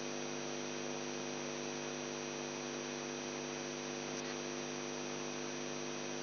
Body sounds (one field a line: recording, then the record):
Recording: brain microelectrode recording played as sound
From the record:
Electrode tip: outside the subthalamic nucleus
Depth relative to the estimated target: -6 mm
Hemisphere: left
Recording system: AlphaMap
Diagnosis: Parkinson's disease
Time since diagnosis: 11 years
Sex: male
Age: 42 years